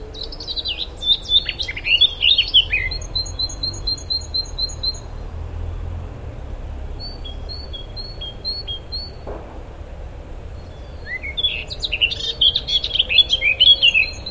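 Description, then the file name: Great tit song, a high two-note phrase repeated briskly for a few seconds, then again after a pause, with other twittering birds at start and end over low rumble. "Parus major"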